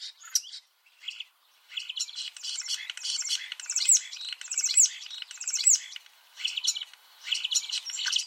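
Common starling chatter: dense rapid clicking and rattling phrases mixed with high squeaky notes, in long runs after a brief opening call.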